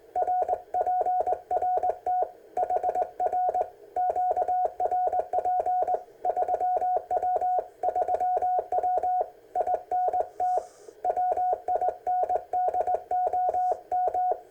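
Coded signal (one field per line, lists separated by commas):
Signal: Morse code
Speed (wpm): 20 wpm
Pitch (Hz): 730 Hz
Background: none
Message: RPRT HR QRP 3W 3W INT WINDOM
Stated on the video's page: CW QRP contacts on 40 meters from a Ten Tec kit radio at 3 W into a 42-meter Windom antenna.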